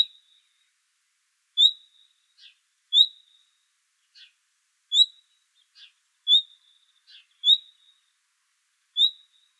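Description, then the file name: Common nightingale alternates short, high whistled notes with quieter dry clicking ticks, the whistles coming at irregular intervals, mostly a second or two apart. "Luscinia megarhynchos"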